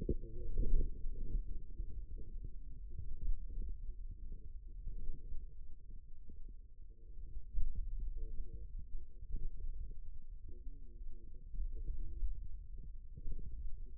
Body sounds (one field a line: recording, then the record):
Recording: forearm muscle sounds (acoustic myography)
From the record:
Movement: hand opening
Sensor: system 2, bracelet of six BSWA MPA416 microphones around the upper forearm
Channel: 3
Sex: male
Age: 22 years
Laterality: right